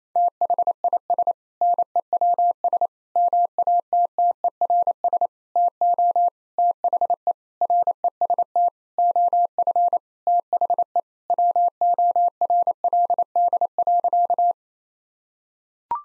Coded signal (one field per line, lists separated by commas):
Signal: Morse code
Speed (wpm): 28 wpm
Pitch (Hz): 700 Hz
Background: none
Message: THIS NEWS MATTERS TO THE REST OF THE WORLD.